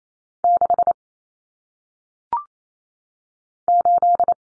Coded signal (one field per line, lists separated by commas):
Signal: Morse code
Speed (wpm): 28 wpm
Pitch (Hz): 700 Hz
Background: none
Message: 6 8